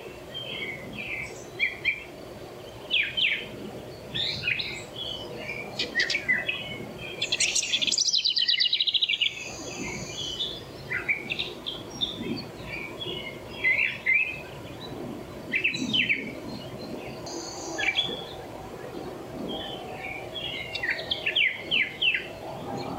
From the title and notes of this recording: An abundance of birds. The many sounds of the woods in the early morning. Morning in the Woods.